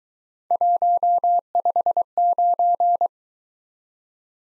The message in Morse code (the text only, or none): 159